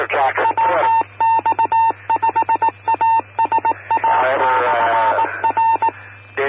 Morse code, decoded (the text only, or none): WX5ASA/R